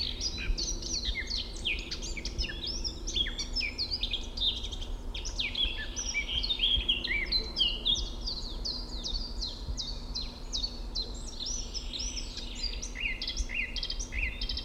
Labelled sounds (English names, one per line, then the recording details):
Eurasian Blackcap song
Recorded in the wild
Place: Mirnock, Nockberge, Kärnten, AT
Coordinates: 46.758, 13.7144
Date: 1969-04-18
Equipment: Uher 4000
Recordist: Brunner, Thomas